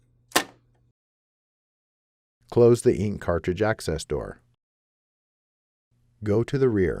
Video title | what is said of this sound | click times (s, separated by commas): Fixing a Carriage Jam on HP OfficeJet Pro 6900 Printers HP OfficeJet HP | Reinsert the paper path cover until it snaps into place. | 0.4 s